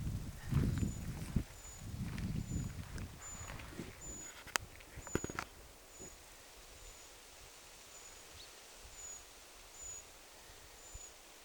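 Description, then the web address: Eurasian treecreeper giving very high, thin, short call notes, repeated steadily about every second, with rustling and footstep-like thuds early on. Possibly a young bird calling within a small flock of small birds, recorded 20 July 2026. "paivat 20 7 2026 pikkulintuparvi ehka nuori puukiipija aantelee"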